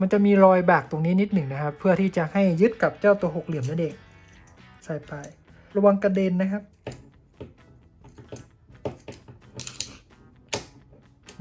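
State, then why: Not seated. Someone talks while reassembling a steel-slide EMG John Wick 3 TTI STI 2011 airsoft pistol, fitting a small part, likely the slide stop, into the frame. Several sharp metallic handling knocks follow at about 6.9, 8.9, 9.6 to 9.8 and 10.5 seconds. Nothing has locked in yet; the part still needs to be lined up before it goes in.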